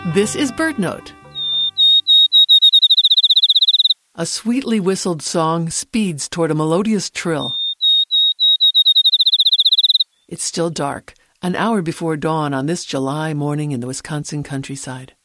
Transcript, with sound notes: This is BirdNote! [Field Sparrow song] A sweetly whistled song speeds toward a melodious trill. [Field Sparrow song] It is still dark, an hour before dawn on this July morning in the Wisconsin countryside.